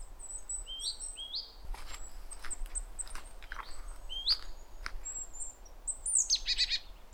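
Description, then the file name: Great tit calls: a high falling note followed by a short run of buzzy, rapid pulses near the end, among scattered high chirps and whistles, with low rumble throughout. "Parus major"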